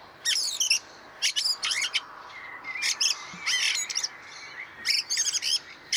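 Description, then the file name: Fieldfare harsh chattering: noisy rasping notes in quick groups, interleaved with wheezy rising squeaks and a thin sustained whistle. Recorded 26 April 2014. "Wacholderdrossel 26 04 2014 Wank GAR Michle Pron"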